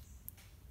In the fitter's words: it didn't break it makes a clicking sound sometimes they break that one's not broken but